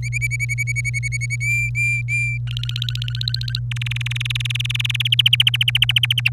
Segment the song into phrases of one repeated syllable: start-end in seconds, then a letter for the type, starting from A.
0.03-1.36 A, 1.40-2.38 B, 2.47-3.59 C, 3.71-5.08 D, 5.12-6.29 E